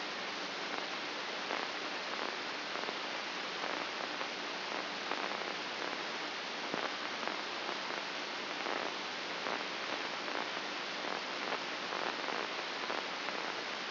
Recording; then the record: brain microelectrode recording played as sound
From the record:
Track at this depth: inside the subthalamic nucleus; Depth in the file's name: 5.429 mm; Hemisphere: left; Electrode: 2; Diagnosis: Parkinson's disease